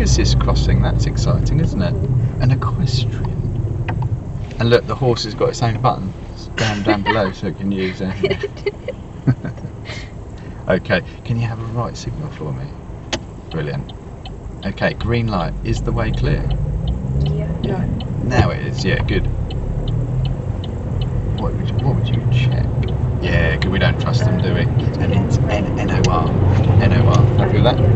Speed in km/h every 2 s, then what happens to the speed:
13, 2, 0, 0, 0, 0, 0, 0, 0, 5, 13, 19, 21, 27.
0-2 brakes to 2. 2-16 standing. 16-28 pulls away to 27.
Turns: none.